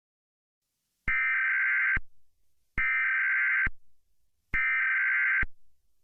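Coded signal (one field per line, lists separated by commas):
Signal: Emergency Alert System (SAME) tones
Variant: header bursts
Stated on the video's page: Fictional EAS scenario; the alert is not a real government message or emergency broadcast.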